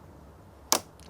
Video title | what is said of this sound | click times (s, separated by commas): Carrera iVenture III OFF-Road 21'6" Family Bunk Caravan Walkthrough | listen for the click and that allows the pitch to be elected | 0.7 s